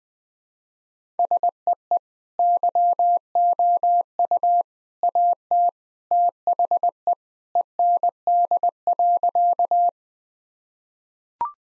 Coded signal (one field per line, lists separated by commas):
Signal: Morse code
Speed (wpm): 20 wpm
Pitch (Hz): 700 Hz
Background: none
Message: SEE YOU AT THE END.